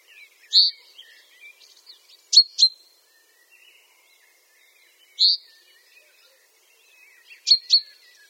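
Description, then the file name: Chaffinch calls: a slurred high note followed by a sharp double chink, the pattern given twice, with faint twittering in the background. "Fringilla coelebs"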